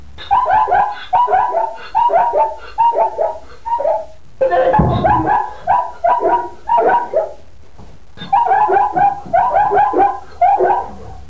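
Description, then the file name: Zebra calling: rhythmic, barking, nasal yelps repeated in quick series, in three bouts broken by brief pauses, with a rougher burst in the middle. "ZEBRE"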